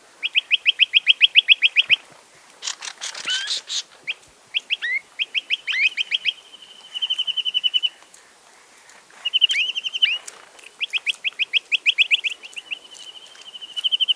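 Chinese nuthatch giving rapid, even trills of high notes in short bursts, with a brief harsh, noisy burst of notes near the start and scattered sharp chips between.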